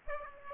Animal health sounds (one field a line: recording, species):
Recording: mosquito wingbeat signal from an infrared sensor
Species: Aedes aegypti